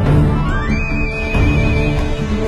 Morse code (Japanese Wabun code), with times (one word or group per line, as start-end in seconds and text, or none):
none